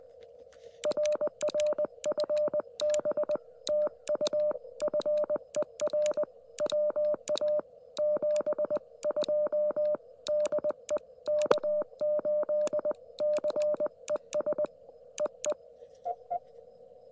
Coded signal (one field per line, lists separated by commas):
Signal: Morse code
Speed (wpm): 20 wpm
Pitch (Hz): 600 Hz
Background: none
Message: RR FB TU FER WA 72 DE K8CES EE